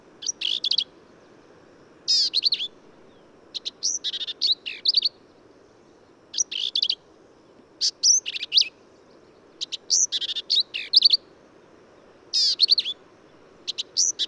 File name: Black-capped Vireo